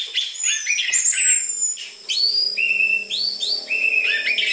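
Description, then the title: Orange-headed thrush song of clear rising whistles and warbles packed closely together, mixed with sharp high descending whistles. Lure recording of energetic (gacor) song used as dense filler material for tutoring caged orange-headed thrushes, spotted (trotol) form. "PANCINGAN Anis Merah Gacor Materi Isian Rapat Cocok Untuk MASTERAN Anis Merah TROTOL"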